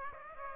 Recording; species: mosquito wingbeat signal from an infrared sensor; Aedes aegypti